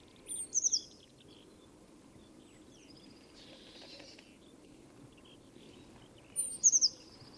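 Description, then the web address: Bird calls: a burst of thin, high descending notes at the start and another near the end, separated by quiet, steady background noise. "cianscape. Deverinetal 2025. Bird Only"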